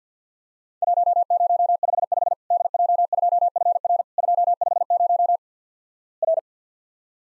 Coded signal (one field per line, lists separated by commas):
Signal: Morse code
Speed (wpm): 50 wpm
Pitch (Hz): 700 Hz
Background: none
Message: 1055 DJ2FR 250 R